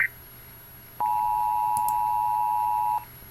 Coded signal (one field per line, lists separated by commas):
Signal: Emergency Alert System (SAME) tones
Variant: 853 and 960 Hz attention tone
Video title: rating eas alarms from around the world (tier list)